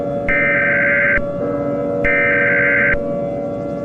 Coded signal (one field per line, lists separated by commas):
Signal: Emergency Alert System (SAME) tones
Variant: header bursts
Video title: EAS Scenario: The New Year's Eve Cataclysm